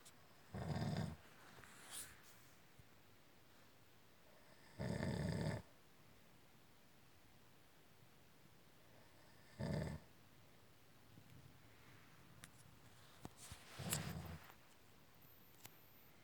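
Four rough, low-pitched snores come about every four to five seconds, roughly 14 a minute, with near silence between them. This is snoring: noisy sleep breathing from vibration in the upper airway.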